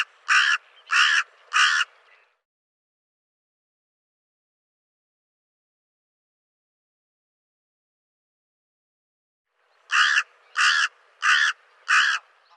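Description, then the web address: Bird uttering short, raspy calls in bursts: three quick notes, a long silence, then four more in steady rhythm. "cianscape birddata Deverinetal 2025"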